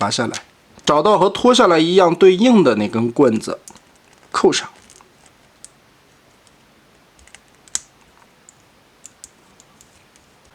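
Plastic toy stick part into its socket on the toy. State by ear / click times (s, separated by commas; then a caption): seated / 7.8 s. Someone talks while fitting a plastic replacement stick part back into its socket on the toy, followed by a few faint handling ticks. A single sharp click at 7.8 s marks the part seating in place.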